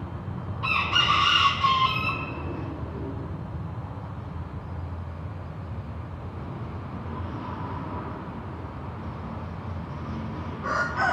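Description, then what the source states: Chicken: rooster crows loudly near the start, then begins another crow at the very end, with low traffic noise rumbling throughout. Recorded with road traffic in the background.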